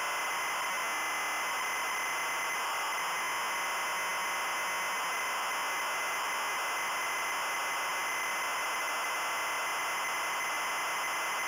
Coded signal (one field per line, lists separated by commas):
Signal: ZX Spectrum tape loading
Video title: Chloe Aprende a Reciclar (ZX Spectrum) Loading